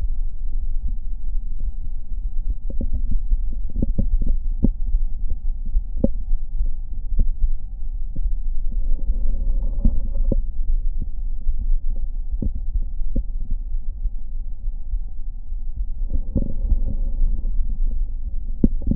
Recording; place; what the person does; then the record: lung sounds by stethoscope; right anterior apical chest; quiet breathing, then deep breathing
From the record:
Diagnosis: asthma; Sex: female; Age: 66 years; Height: 172 cm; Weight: 76 kg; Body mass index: 25.7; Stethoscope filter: diaphragm mode